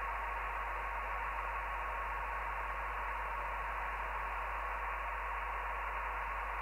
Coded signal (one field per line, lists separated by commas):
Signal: NAVTEX (SITOR-B)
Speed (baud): 100 baud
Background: radio noise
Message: ZCZC LA85 242330 UTC AUG 18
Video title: Navtex 517Khz Rogaland Norway